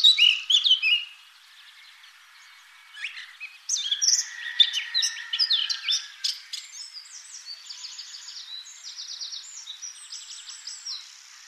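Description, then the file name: Eurasian blackcap song: a loud warbled burst, a short pause, then more chattering phrases, ending in softer buzzy trills. "Sylvia atricapilla"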